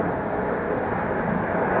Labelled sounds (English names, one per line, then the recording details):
California Towhee
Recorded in Sonoma County, California